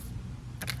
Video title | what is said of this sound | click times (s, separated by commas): 3rd highest selling Amazon “FIXED BLADE”?? 😂🤦‍♂️#backyard #knife | a new blade again nice and simple we simply just slide it in that slot until it clicks | 0.7 s